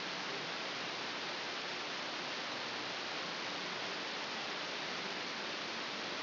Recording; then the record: brain microelectrode recording played as sound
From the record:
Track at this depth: inside the subthalamic nucleus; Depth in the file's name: 6.707 mm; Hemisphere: left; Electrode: 2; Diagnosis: Parkinson's disease